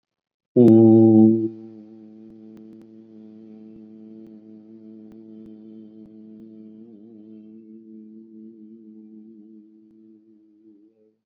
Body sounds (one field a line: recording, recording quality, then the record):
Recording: sustained vowel as in boot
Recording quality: excellent, no background noise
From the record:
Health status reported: COVID-19 positive, mild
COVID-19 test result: positive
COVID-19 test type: rapid antigen test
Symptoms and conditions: cough, fever, fatigue, muscle pain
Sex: male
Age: 44 years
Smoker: no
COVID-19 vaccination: both doses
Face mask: worn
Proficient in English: yes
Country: India